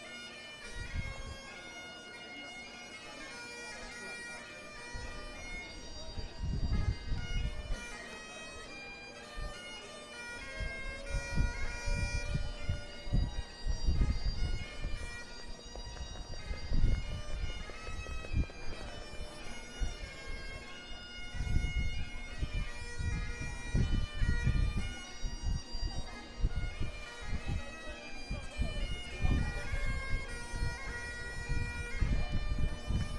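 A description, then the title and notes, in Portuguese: A bagpipe player on Buchanan Street holds a steady, bright drone under a busy, shifting melody. From about five seconds in, irregular low thumps join, growing louder and more frequent after ten seconds. Faint voices come through in places. Tocador de gaita de fole, na rua Buchanan. Às 11:30.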